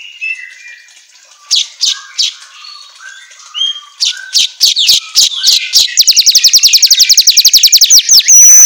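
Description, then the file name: Weaver song: scattered squeaky chips speed into a fast, even rattling trill, ending on a harsh buzz. Auto gacor recording for training songbirds. "Suara Kicau Manyar Kepala Emas Auto Gacor"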